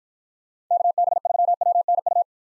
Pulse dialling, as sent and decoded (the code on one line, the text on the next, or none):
none